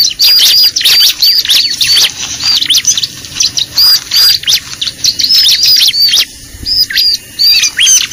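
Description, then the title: Bar-winged prinia calls in dense high-pitched bursts of sharp chirps and hooked whistles, nearly continuous with brief pauses, over a low background hiss. Lure call used for trapping (pikat) Bar-winged prinia, known locally as ciblek, described as effective. "PIKAT BURUNG CIBLEK AMPUH"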